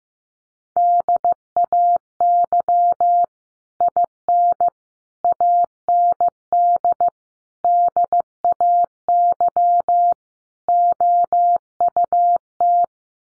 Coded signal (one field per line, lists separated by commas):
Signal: Morse code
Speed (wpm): 15 wpm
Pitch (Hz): 700 Hz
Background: none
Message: DAY IN AND DAY OUT